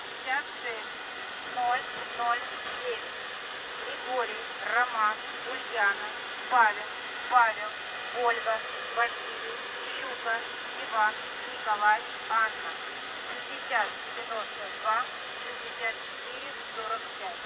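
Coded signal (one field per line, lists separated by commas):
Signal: coded military voice message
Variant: Squeaky Wheel, Russian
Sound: a voice reading short words and numbers at a steady pace over radio hiss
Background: radio static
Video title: ⚠ The Squeaky Wheel | 16th November 2023 | 4 Digit Callsign Monolith Voice Message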